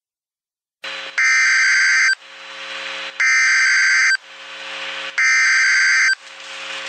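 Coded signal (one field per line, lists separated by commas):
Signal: Emergency Alert System (SAME) tones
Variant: header bursts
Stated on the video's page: Mock EAS scenario for a Mount Rainier eruption, not a real alert.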